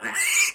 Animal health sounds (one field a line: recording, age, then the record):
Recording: pig call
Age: piglet (1 to 25 days)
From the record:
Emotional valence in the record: negative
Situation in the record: castration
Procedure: castration, shear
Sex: male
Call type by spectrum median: high-frequency call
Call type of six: high-frequency modulated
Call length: 0.56 s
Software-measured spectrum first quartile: 2254 Hz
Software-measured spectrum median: 4112 Hz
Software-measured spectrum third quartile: 7480 Hz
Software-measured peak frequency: 2376 Hz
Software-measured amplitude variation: 143 dB a second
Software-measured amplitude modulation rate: 20.7 a second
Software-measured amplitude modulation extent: 6.9 dB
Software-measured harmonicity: 3.5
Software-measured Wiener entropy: -2.90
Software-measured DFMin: 1147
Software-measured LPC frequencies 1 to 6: 1105, 2317, 2814, 4407, 5147, 6912 Hz